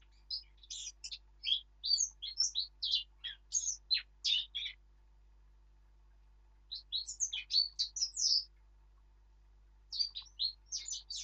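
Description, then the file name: Eurasian blackcap song, a rapid run of varied high warbling notes delivered in one long phrase and two shorter ones, with brief silences between. "Sylvia atricapilla"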